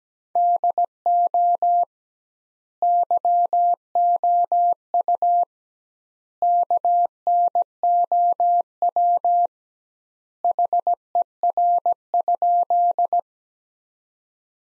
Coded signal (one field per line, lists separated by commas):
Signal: Morse code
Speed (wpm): 17 wpm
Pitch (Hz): 700 Hz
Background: none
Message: DO YOU KNOW HER?